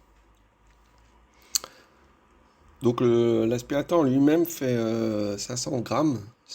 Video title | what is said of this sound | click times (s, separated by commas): Test du nettoyeur de sol multifonction 5 en 1 JIMMY PW11 Pro Max | et c'est parti donc hop on prend la base on la VA clipser dessus donc | 1.6 s